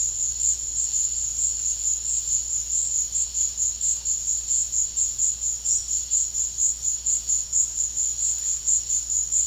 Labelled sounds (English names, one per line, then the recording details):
none
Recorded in pastures near Puerto Asís, Putumayo, Colombia, on 8 March 2025 at 15:30
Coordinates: 0.502, -76.324
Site GP07